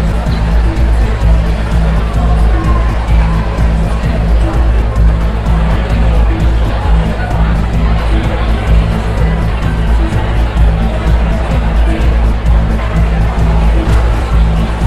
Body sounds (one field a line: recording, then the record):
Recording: background sound without coughing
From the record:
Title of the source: Party Noise 1 Hour Party Ambience